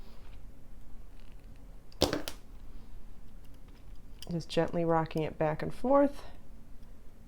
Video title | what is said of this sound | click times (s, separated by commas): How to Add Beads to Crochet Earrings plus Multiple Ways to add French Hooks and Rings | We're going to go until you hear that click. | 2.0 s